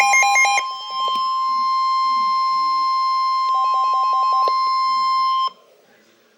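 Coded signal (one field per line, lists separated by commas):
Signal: Emergency Alert System (SAME) tones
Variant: 1050 Hz attention tone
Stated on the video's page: Blizzard Warning for Champaign, Clark and Union counties, Ohio.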